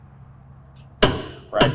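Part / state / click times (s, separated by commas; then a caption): click-type torque wrench on a mower blade bolt / torque reached / 1.0 s. A click-type torque wrench set to 90 ft-lb tightens the blade bolt under the deck of a John Deere Z930R zero-turn mower. After a quiet stretch, the wrench breaks with a loud, sharp click at 1.0 s, and a second strong hit follows near 1.6 s. The bolt is confirmed at the 90 ft-lb setting.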